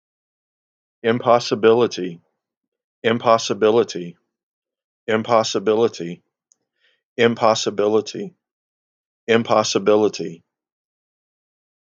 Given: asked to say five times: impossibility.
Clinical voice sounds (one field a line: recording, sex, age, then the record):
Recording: repeated word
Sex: male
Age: 30 to 39 years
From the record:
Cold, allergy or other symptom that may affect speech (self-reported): no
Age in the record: 35 years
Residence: Tennessee, United States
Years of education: 13